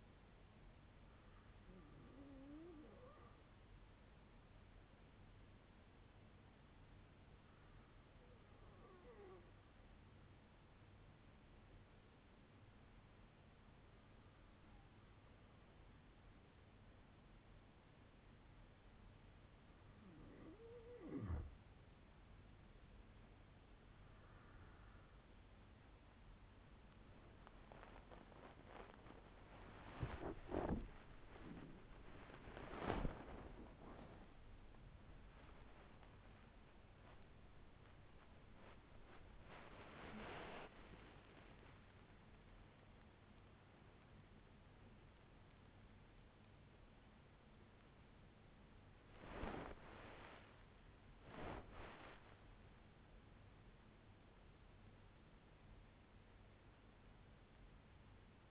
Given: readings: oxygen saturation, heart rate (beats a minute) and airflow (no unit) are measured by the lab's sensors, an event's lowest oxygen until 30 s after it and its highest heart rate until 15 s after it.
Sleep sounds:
breathing in sleep by a voice recorder at the bedside; 1
3.00-30.10 s: hypopnea (N2, oxygen 98% highest, then 95% lowest, heart rate 55 at the start, 96 highest)
34.00-58.50 s: new sleep stage, awake
37.00-58.50 s: awake
From the record:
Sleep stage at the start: N2 (light sleep); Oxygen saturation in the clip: 95 to 98%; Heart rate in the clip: 54 to 96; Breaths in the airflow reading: 7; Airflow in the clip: -13.4 to 15.2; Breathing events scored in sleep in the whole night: 182 in 7.4 hours asleep

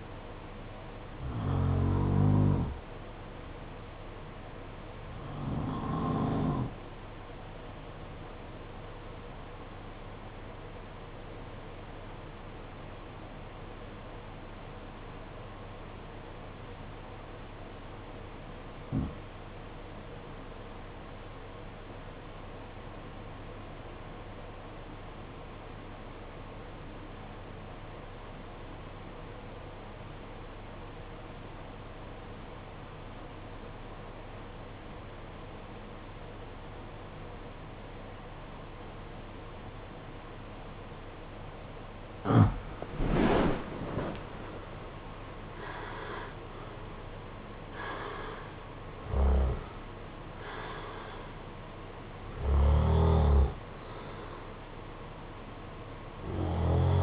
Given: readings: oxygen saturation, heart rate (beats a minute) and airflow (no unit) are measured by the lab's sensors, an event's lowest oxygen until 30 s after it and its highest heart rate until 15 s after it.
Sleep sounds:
breathing in sleep by a voice recorder at the bedside; 1
9.00-43.10 s: obstructive apnea (REM, oxygen 96% highest, then 78% lowest, heart rate 51 at the start, 83 highest)
From the record:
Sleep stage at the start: REM sleep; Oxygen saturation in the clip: 76 to 96%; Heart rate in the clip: 48 to 83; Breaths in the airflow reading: 7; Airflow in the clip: -14.5 to 17.9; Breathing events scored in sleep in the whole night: 476 in 9.7 hours asleep

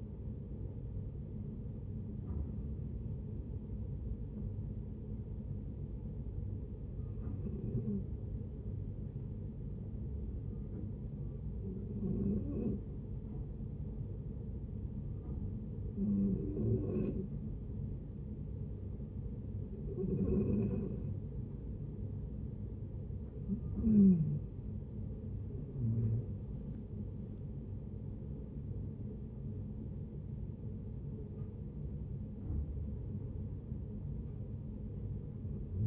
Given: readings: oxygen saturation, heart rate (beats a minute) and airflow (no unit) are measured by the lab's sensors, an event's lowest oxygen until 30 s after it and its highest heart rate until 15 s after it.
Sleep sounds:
breathing in sleep by a smartphone at the bedside; 1
8.00-22.20 s: hypopnea (N2, oxygen 94% highest, then 91% lowest, heart rate 64 at the start, 74 highest)
29.00-35.87 s: new sleep stage, N1 (lightest sleep)
From the record:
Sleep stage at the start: N2 (light sleep); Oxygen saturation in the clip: 88 to 94%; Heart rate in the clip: 59 to 74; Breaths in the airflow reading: 8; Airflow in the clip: -10.0 to 9.7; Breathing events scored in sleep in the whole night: 496 in 5.4 hours asleep

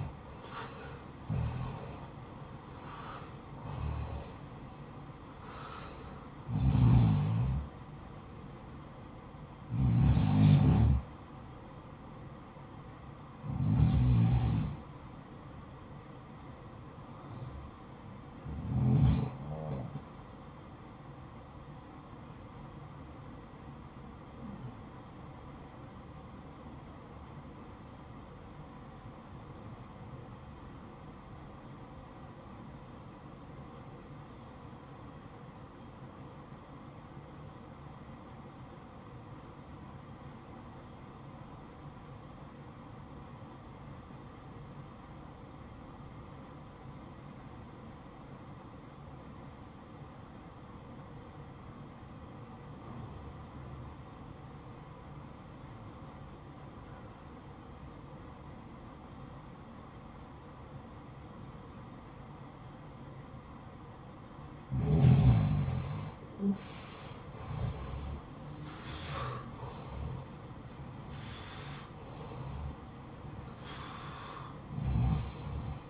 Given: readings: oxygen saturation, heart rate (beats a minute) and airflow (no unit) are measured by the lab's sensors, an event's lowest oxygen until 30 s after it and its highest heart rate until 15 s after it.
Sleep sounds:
breathing in sleep by a smartphone at the bedside; 1
29.00-65.60 s: obstructive apnea (REM, oxygen 95% highest, then 86% lowest, heart rate 58 at the start, 78 highest)
From the record:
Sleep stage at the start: REM sleep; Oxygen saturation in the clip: 82 to 95%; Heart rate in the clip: 56 to 78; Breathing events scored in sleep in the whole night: 573 in 9.8 hours asleep

